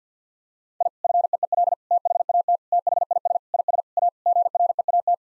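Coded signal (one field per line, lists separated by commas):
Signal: Morse code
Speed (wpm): 50 wpm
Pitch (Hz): 700 Hz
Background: none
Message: I FEEL THAT THIS IS A GREAT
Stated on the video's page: Morse code sentences of common four-word phrases at 50 wpm, sent, then spoken, then sent again; first words spoken beforehand as a guide; head-copy practice.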